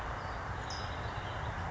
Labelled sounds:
California Towhee (Melozone crissalis)
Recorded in Sonoma County, California

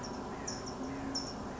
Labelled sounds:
California Towhee (Melozone crissalis)
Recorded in Sonoma County, California

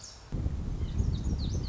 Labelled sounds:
Lazuli Bunting (Passerina amoena)
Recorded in Sonoma County, California

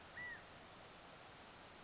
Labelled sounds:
California Quail (Callipepla californica)
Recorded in Sonoma County, California

